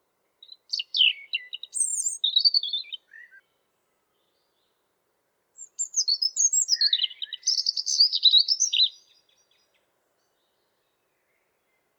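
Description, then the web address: European robin song, two phrases of high sliding whistles and rapid twittering trills, the second longer, separated by a silent stretch. "geluiden roodborst zang"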